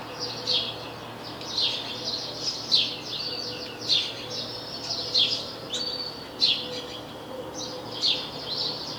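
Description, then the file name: House sparrow chirping, repeated short chirps in small groups at uneven spacing, with steady background noise throughout. "Passer domesticus"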